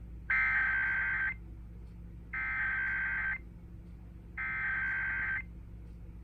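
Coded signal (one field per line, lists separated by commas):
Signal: Emergency Alert System (SAME) tones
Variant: header bursts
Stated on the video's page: 2021 National EAS Test aired on 89.5 FM public radio in Tulsa, Oklahoma.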